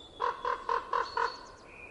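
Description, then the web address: Common raven giving five hoarse, evenly spaced croaks in quick succession, with a thin high whistle in the background. Winter. "ronk. winter"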